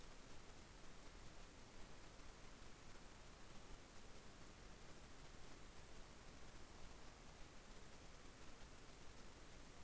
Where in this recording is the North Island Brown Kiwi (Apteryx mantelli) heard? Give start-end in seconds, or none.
none